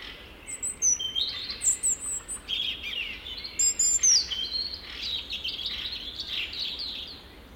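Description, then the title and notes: European robin song: continuous high, sweet warbling with rapid thin trills and sliding notes, changing pitch phrase to phrase, over faint hiss. "Punarinta. Heidi Björklund"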